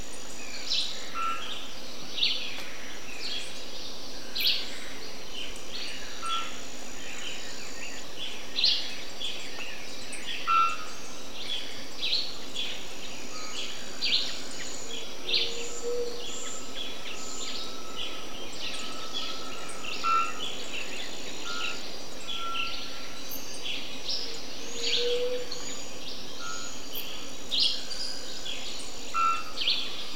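A wet jungle chorus with a thick, constant layer of bird chatter and insect buzzing filling the upper range, over a steady high hiss. Short clear whistled notes cut through every few seconds, and a few sharper calls stand out briefly.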